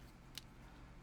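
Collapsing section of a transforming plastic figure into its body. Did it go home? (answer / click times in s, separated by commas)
yes / 0.4 s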